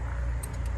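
On a Chevy Silverado, the plastic retaining clip on an evap purge valve connector is pulled back, and the connector comes off. Over a steady low rumble, a sharp click sounds at 0.4 s as the clip releases. The connector is released.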